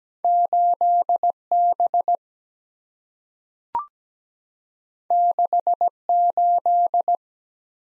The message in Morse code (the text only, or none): 8B 68